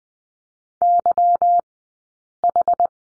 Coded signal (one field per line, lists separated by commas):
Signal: Morse code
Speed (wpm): 20 wpm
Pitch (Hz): 700 Hz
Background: none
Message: YH